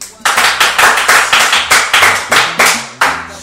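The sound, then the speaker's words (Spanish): A few listeners from Tielmes clap briskly and loudly, a steady run of about a dozen sharp claps at an even, quick rhythm lasting around three seconds, with no talking over it. “De Tielmes aplauden dos o tres. Así, pa, pa, y ya está.”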